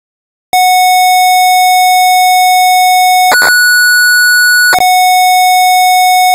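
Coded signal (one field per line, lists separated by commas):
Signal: computer data on cassette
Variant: Amstrad CPC 464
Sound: steady buzzy lead tone, short harsh crackle, higher tone, another crackle, lead tone returns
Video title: Fu-Kung in Las Vegas (1985) - Amstrad CPC 464 (Full Tape Rip / Cassette Load)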